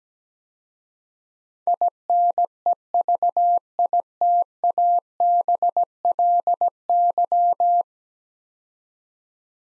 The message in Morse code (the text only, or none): INEVITABLY